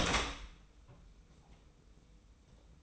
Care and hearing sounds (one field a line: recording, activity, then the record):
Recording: daily activity, microphone in the room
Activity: open door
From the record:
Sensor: 1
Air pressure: 990.4 hPa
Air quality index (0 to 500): 151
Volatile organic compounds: 1000 ppm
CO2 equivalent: 5468 ppm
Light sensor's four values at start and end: 33/74/32/35 and 33/74/32/34